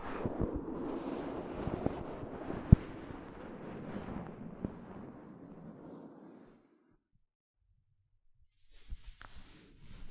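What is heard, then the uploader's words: Soft fabric brushes across a microphone in a dense, rustling rush for the first six and a half seconds, mostly low and muffled, with a few sharp ticks near 2.7 and 4.6 seconds. Near-silence follows until a brief, brighter scrape returns around nine seconds. ASMR Mic Brushing using Soft Fabric (No Talking).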